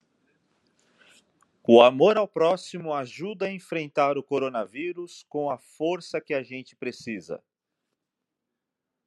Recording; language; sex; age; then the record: spoken sentence; Brazilian Portuguese; male; 40 to 49 years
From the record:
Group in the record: control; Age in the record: 42 years